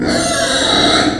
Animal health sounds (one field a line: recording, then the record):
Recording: squeal of a Yucatan mini pig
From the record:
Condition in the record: before surgery on the right vocal fold (resection and tissue-engineered implant)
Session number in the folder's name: 3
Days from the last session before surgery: 0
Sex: female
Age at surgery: 19 weeks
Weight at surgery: 25 kg